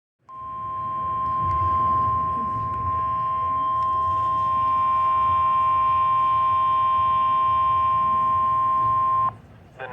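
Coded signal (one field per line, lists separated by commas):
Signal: Emergency Alert System (SAME) tones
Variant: 1050 Hz attention tone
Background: speech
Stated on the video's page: Real alerts captured on a phone.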